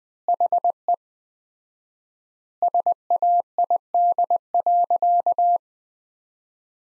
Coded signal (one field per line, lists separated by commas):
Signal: Morse code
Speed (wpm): 20 wpm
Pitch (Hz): 700 Hz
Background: none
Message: HE SAID.